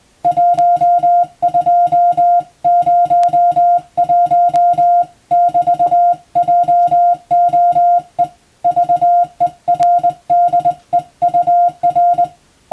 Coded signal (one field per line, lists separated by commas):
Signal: Morse code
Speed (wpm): 20 wpm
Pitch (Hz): 700 Hz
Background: music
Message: 1201<BT>JOE VERDEUR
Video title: 【Radio Officer morse practice】This is a Morse code practice video. There is a morse exam in japan.